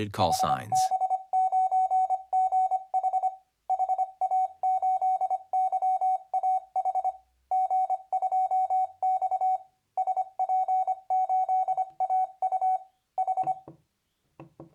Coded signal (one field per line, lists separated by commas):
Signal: Morse code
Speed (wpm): 24 wpm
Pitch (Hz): 750 Hz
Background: speech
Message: HB9GH HA8YAH G2X SP8AU H